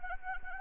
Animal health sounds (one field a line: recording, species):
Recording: mosquito wingbeat signal from an infrared sensor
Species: Anopheles arabiensis